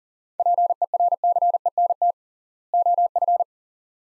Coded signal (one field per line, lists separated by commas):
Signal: Morse code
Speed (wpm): 37 wpm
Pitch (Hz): 700 Hz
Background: none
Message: PERCENT OF